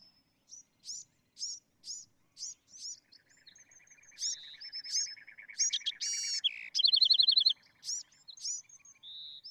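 Bewick's wren song: spaced high arching notes over a faint lower trill, building into a loud burst of quick trilled notes and a short whistle at the end.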